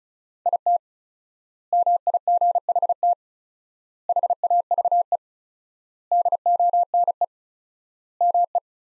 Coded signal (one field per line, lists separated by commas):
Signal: Morse code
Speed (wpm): 36 wpm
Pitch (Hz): 700 Hz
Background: none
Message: IT MIGHT HAVE DONE ME